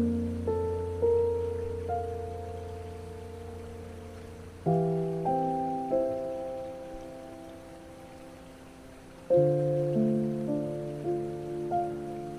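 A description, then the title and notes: Soft piano plays slow, sustained chords, with a new low chord struck about every four to five seconds and a few gentle higher notes added in between as each one rings out and fades. A faint, steady hiss like light rain or water sits underneath. Tranquil lake at night with calm piano music. Soft piano. Gentle water flowing.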